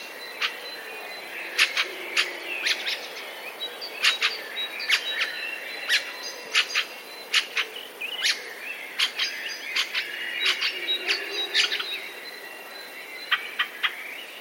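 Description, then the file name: Fieldfare uttering scattered harsh chacks, single and paired, throughout. "turdus pilaris"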